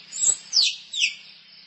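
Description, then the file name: Squirrel chirps: three sharp, high-pitched notes, the last two sweeping quickly downward. Female squirrel calling for a mate. "tieng soc cai keu ban tinh"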